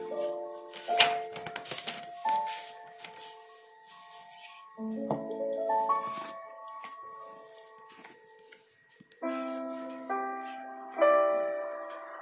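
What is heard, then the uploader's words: Soft piano music plays slow, sustained chords, with a new chord struck roughly every few seconds, near 5, 9, 10 and 11 seconds, each ringing out and fading. Over it come light scratchy rustles and small ticking taps, busiest in the first few seconds. Soft piano music. Pencil, flipping pages and typing ASMR. There's sound of typing on the keyboard and stuff.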